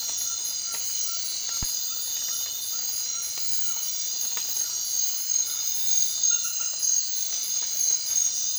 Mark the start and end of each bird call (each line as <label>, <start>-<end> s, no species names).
bird call, 0.00-3.82 s